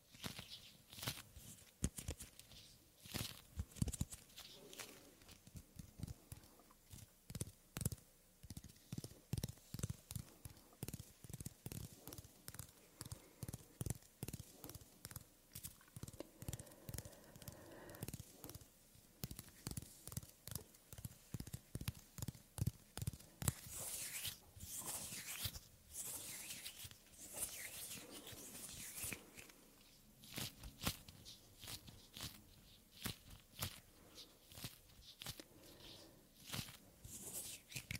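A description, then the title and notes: Close-up soft hand and skin sounds, a steady run of quick taps and brushing strokes, some bursts faster and denser, others brighter and airier. Soft Hand Sounds & Movements Skin Sounds Up-Close Breathing.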